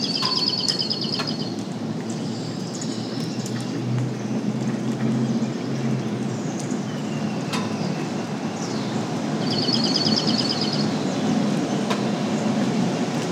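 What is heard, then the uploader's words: Birds sing over a steady, dense low rumble that runs the whole time without letting up. Bright trilling phrases come at the start, around three seconds, and again near ten seconds, with a few sharp clicks and calls scattered between. Early Morning Rainstorm. It was the tailend of a rainstorm and the wildlife was active.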